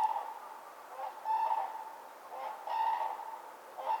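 Crane calls: hoarse, trumpeting notes with rich harmonics, given in short bursts about every one to one and a half seconds over a steady hiss.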